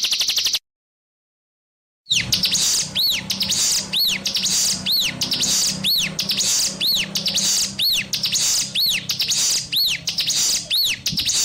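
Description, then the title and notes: Spiderhunter song: a brief burst, a pause of silence, then a run of arched, piercing whistled notes about once a second, mixed with buzzy chatter over a low hum. Masteran recording for training cage birds; song described as gacor, clear and long. "Pijantung Gunung Gacor Jernih Panjang. Masteran burung"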